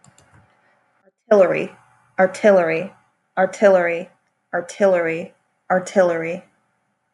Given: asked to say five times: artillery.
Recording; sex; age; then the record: repeated word; female; 30 to 39 years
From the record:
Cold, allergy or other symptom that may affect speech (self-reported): no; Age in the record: 31 years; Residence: Alabama, United States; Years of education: 12